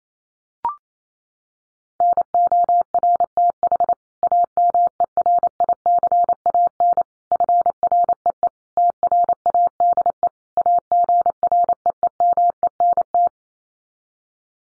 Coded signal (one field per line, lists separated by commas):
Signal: Morse code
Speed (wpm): 28 wpm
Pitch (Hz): 700 Hz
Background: none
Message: NORTH AMERICAN FREE TRADE AGREEMENT